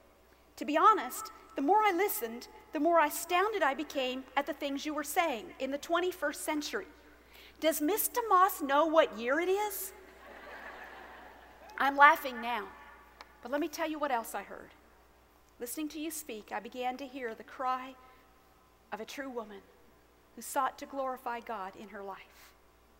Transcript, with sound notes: To be honest, the more I listened, the more astounded I became at the things you were saying in the 21st century. “Does Miss DeMoss know what year it is?” ( laughter) I’m laughing now, but let me tell you what else I heard.
Listening to you speak, I began to hear the cry of a true woman who sought to glorify God in her life.